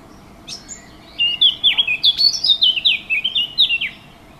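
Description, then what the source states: Warbler song: a couple of soft introductory notes, then a fast, fluent phrase of rising and falling warbled notes lasting about three seconds. Recorded 15 June 2014 on a MiniDisc recorder.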